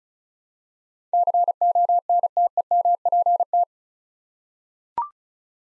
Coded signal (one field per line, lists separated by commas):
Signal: Morse code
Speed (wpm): 34 wpm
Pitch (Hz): 700 Hz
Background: none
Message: CONTEMPT